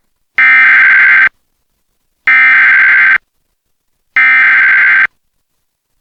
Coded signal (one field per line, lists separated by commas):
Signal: Emergency Alert System (SAME) tones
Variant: header bursts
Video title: EAS #1150: EAS Flood Warning- Dec. 18, 2025- 4:26PM PST